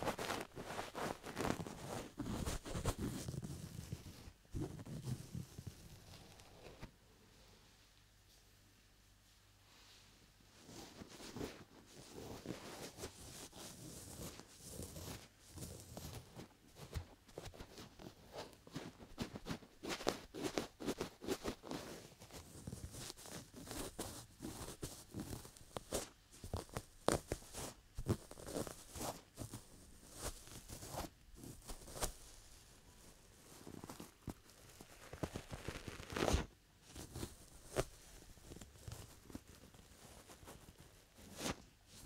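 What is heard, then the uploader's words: Close ear cupping and massage with soft, irregular rubbing and patting sounds, a quiet pause around eight to eleven seconds, then sharper bursts. ASMR Ear Lotion Ear Cleaning Ear Cupping Ear Massage (3Dio).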